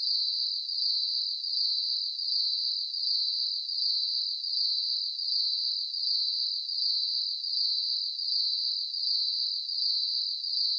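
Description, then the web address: Cricket chirping: a steady high-pitched trill pulsing evenly, continuous throughout with no other sounds. Crickets chirping at night, night insects ambience. "Blast Wave 5 1 5 1 SSFX Crickets"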